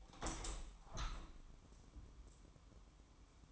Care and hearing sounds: daily activity, microphone in the room; open window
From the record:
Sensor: 1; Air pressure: 1000.5 hPa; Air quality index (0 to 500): 165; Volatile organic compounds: 3 ppm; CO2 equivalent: 1516 ppm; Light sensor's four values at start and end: 11/27/11/13 and 11/27/11/13

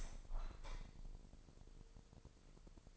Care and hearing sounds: daily activity, microphone in the room; open window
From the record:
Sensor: 5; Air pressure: 999.9 hPa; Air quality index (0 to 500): 245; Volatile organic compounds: 33 ppm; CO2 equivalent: 3014 ppm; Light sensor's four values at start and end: 34/80/32/31 and 34/80/32/31

